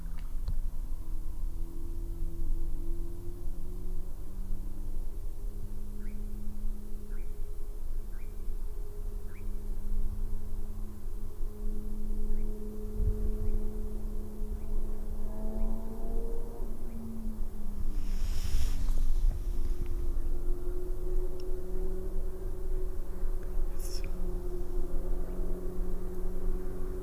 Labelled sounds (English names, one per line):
Eurasian Nightjar